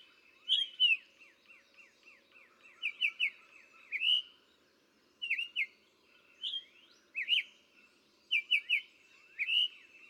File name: Summer Tanager